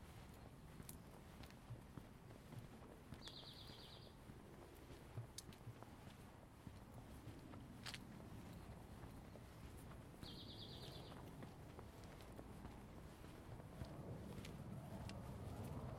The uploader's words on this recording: Karen Eisenbrey and Keith Eisenbrey stroll in the neighborhood of the Tintinabulary, Seattle.